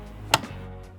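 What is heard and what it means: A bobbin case, its latch held open, is pushed into the hook area of a sewing machine and clicks home with a sharp, bright click at 0.3 seconds, followed by a fainter tick. The bobbin case is properly seated. No one speaks during the clip.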